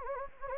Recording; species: mosquito wingbeat signal from an infrared sensor; Anopheles gambiae